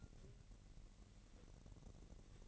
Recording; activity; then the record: daily activity, microphone in the room; take from stove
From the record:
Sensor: 4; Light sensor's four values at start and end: 29/69/28/29 and 29/68/28/28